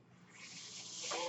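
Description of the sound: A soft airy hiss that swells over about a second: a mechanical ventilator pushing air during a breath.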